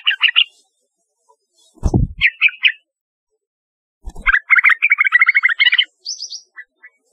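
Yellow-vented bulbul song: short bursts of bubbly, chattering notes in several phrases separated by pauses, with two dull low thumps between them.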